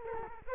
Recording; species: mosquito wingbeat signal from an infrared sensor; Culex quinquefasciatus